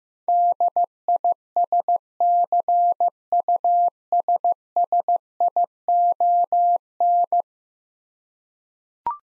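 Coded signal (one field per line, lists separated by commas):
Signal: Morse code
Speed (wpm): 15 wpm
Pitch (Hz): 700 Hz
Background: none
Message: DISCUSSION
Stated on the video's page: Morse code practice of 10-letter words at 15 wpm for head-copy.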